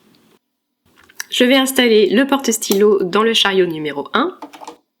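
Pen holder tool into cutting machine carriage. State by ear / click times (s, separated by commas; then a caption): not seated / none. A plastic pen-holder tool is being fitted into carriage 1 of a Silhouette Curio 2 cutting machine. Someone talks throughout, with a few faint taps near the start and a sharp transient at about 1.2 s. The clip ends before the holder is home, so nothing has clicked or seated yet.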